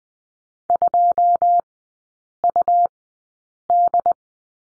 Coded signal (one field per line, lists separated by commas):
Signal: Morse code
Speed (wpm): 20 wpm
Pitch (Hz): 700 Hz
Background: none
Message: 2UD